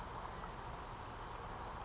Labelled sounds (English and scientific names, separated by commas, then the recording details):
California Towhee (Melozone crissalis)
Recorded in Sonoma County, California